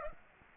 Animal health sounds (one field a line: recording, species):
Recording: mosquito wingbeat signal from an infrared sensor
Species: Aedes aegypti